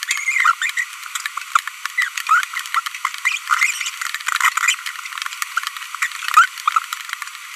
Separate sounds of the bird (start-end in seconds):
0.27-0.52, 0.62-0.70, 0.77-0.83, 1.98-2.08, 2.27-2.44